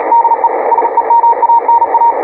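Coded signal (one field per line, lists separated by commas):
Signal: Morse code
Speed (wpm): 36 wpm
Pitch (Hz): 920 Hz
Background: radio noise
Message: DE SEMANA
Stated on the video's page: CW contact between two stations testing high-speed (QRQ) sending with a keyboard.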